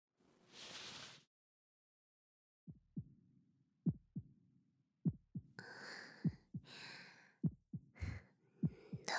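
Soft, regular paired thumps at about 50 beats a minute, the quiet "dokun, dokun" lub-dub of a slow, calm heartbeat, with gentle breathing sounds between beats. It is a quiet, normal heart rhythm, heard through the right ear pressed against the chest in a relaxing roleplay.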